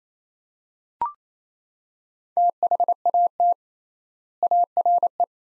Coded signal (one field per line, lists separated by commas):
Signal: Morse code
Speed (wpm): 28 wpm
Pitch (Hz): 700 Hz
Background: none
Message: THAT ARE